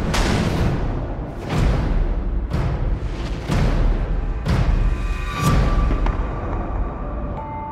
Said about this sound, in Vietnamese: Lúc này đã là 11 giờ rưỡi tối. Trên trời bỗng dưng chói lên một ánh chớp, kèm theo một tiếng sấm rền vang dội, báo hiệu một đêm mưa tầm tã sắp đổ xuống.